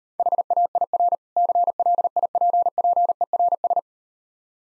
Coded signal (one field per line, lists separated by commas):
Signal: Morse code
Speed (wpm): 38 wpm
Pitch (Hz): 700 Hz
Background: none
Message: HAIR CLIPPERS